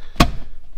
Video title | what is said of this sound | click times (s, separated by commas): Fixing Odds & Ends on my Dodge V10 (8.0 Ram 2500 4x4) | it latches pretty well. | 0.2 s